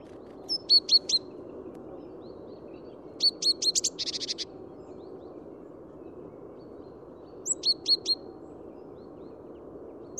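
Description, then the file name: Great tit calling with quick runs of three or four high, sharp notes, once followed by a short buzzy churr, repeated every few seconds against constant low background noise. "Parus major"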